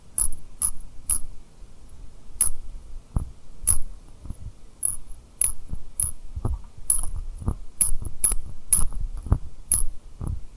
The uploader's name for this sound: Tapping & Rubbing Rhinestone Lip Triggers